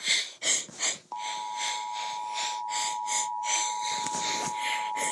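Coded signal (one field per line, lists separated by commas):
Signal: Emergency Alert System (SAME) tones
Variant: 853 and 960 Hz attention tone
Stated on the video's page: Not-real Halloween zombie-attack EAS scenario with valid tones.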